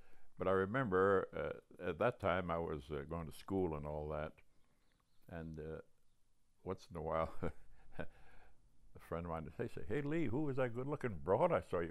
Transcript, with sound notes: But I remember — at that time I was going to school and all that, and once in a while [chuckles] a friend of mine would say, "Hey, Lee. Who was that good looking broad I saw you with?"